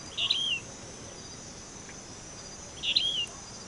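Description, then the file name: Yellow-bellied elaenia call: two short burry notes, each dropping into a downslurred tail, a few seconds apart over a steady hiss of background noise. Recorded 26 May 2011. "20110526 ELAFLA"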